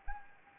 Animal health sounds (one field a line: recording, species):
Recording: mosquito wingbeat signal from an infrared sensor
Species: Anopheles gambiae